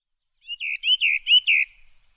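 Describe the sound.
A bird gives one brisk phrase of several clear slurred notes, in a quiet setting.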